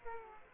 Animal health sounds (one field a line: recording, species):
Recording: mosquito wingbeat signal from an infrared sensor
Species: Aedes aegypti